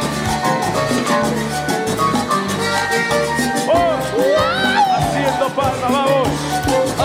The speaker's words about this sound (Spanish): Así que todas las palmas bien arriba. Arriba, que no quede nadie. A ver, arriba las palmas, todo el mundo. Arriba, arriba. Todos haciendo palmas.